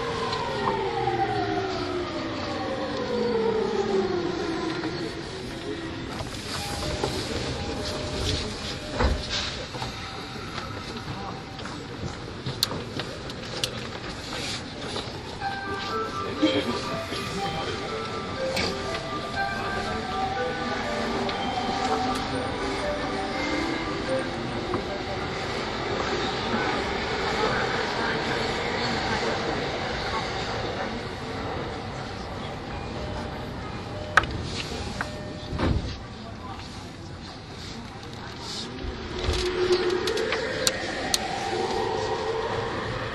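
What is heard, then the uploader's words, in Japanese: A Yamanote Line E231 train on the outer loop hums steadily with rising and falling motor whines, rail clicks, and an announcer's voice. E231系 山手線外回り01 東京～東京。2010年代当時山手線で主力車両だった、E231系山手線外回りを収録したものです。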